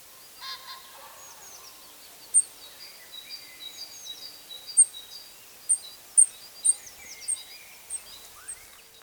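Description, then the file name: European robin giving repeated thin, very high call notes, speeding up to roughly every half second, over faint warbling. "Erithacus rubecula"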